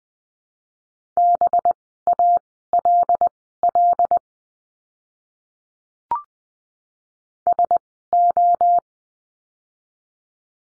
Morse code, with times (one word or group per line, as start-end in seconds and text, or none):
1.2-4.2 BALL
7.5-8.8 SO